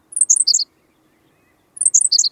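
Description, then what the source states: Henslow's Sparrow song: a brief, abrupt burst of high thin notes, given twice about a second and a half apart, with silence between. Perches to sing its abrupt song at dawn in spring on American tallgrass prairie.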